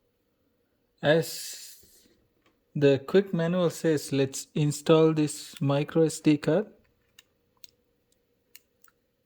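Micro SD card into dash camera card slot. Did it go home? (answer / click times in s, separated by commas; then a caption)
yes / 8.6 s. Someone talks, then a micro SD card is pushed into the spring-loaded card slot of an iZEEKER front-and-inside dual 1080P dash camera with quick release. A few faint small clicks follow, and the card latches with a sharp click at 8.6 s, seated all the way in.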